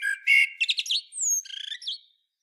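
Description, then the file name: Common blackbird song: a low fluted warble of a few notes followed by a thin, squeaky twittering flourish, then silence. "Turdus merula"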